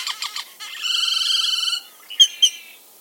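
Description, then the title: Great-tailed grackle making a few quick rough notes, then a long buzzy, nasal whistle lasting about a second, and two sharp clicking squeaks. Males jet black with a long V-shaped tail, females brown with long tails; also called zanate mayor; lives from northern South American coasts to the western United States. "Zanate mexicano"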